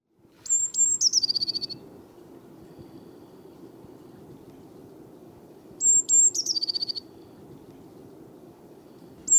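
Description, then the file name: Eurasian blue tit repeating its song roughly every five seconds: high whistled notes and a fast falling trill. A third phrase begins at the end, over low background noise. "Cyanistes caeruleus"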